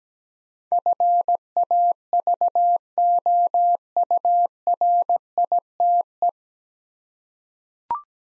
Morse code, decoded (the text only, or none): FAVOURITE